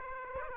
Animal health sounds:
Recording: mosquito wingbeat signal from an infrared sensor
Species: Aedes aegypti

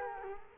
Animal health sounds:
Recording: mosquito wingbeat signal from an infrared sensor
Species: Culex quinquefasciatus

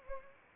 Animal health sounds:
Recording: mosquito wingbeat signal from an infrared sensor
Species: Anopheles arabiensis

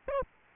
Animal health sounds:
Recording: mosquito wingbeat signal from an infrared sensor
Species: Aedes albopictus

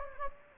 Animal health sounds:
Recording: mosquito wingbeat signal from an infrared sensor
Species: Anopheles gambiae

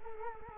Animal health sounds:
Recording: mosquito wingbeat signal from an infrared sensor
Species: Culex quinquefasciatus

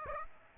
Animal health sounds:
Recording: mosquito wingbeat signal from an infrared sensor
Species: Aedes aegypti

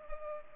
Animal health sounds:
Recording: mosquito wingbeat signal from an infrared sensor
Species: Culex pipiens

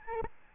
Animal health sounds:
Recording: mosquito wingbeat signal from an infrared sensor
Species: Aedes albopictus

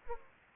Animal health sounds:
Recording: mosquito wingbeat signal from an infrared sensor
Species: Aedes aegypti

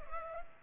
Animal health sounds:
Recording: mosquito wingbeat signal from an infrared sensor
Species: Culex pipiens

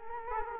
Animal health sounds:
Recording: mosquito wingbeat signal from an infrared sensor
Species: Culex quinquefasciatus

